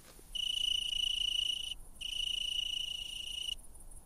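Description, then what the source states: Italian tree cricket trilling, a steady high-pitched ringing trill in two long bursts of about one and a half seconds each, separated by a brief pause. Males sing so that females can locate them and mate.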